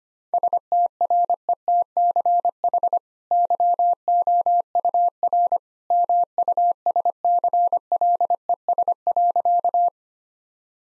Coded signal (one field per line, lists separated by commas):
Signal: Morse code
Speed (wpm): 25 wpm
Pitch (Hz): 700 Hz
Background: none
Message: STRETCH YOUR MUSCLES.